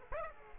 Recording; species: mosquito wingbeat signal from an infrared sensor; Aedes aegypti